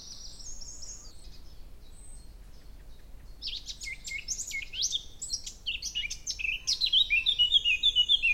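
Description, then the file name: Eurasian blackcap song: faint high notes at first, then a scratchy warble that ends in a run of loud, clear repeated notes. "Sylvia atricapilla"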